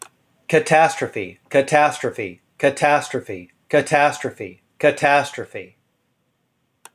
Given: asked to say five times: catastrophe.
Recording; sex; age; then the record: repeated word; male; 40 to 49 years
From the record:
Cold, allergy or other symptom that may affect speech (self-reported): no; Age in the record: 43 years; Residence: California, United States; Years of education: 24